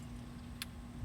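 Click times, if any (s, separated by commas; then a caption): 0.6 s. An upgraded side marker light housing is pushed into its opening in a car's bumper/fender and snaps into place with a single sharp click at 0.6 s, seating it. A low steady hum fills the background, and no one talks during the clip.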